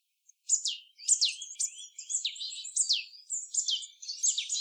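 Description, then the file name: Marsh tit calls, high quick notes dropping sharply in pitch, given in a steady chattering series after a short silence at the start. "Poecile palustris"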